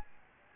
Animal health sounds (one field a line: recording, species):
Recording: mosquito wingbeat signal from an infrared sensor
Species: Aedes albopictus